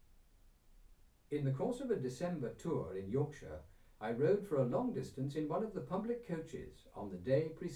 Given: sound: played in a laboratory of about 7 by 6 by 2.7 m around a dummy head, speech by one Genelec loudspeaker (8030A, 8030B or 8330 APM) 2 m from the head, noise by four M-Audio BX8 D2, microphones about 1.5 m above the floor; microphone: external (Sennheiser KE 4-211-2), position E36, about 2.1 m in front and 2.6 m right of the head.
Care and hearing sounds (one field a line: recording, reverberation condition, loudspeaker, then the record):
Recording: male speech in English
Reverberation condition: low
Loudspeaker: 60 degrees to the left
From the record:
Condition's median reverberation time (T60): about 310 ms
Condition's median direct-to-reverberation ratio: about 3.5 dB